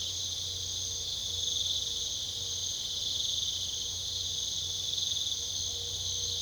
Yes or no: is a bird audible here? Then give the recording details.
no. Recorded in pastures near Puerto Asís, Putumayo, Colombia, on 22 December 2024 at 22:30. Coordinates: 0.486, -76.323. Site GP01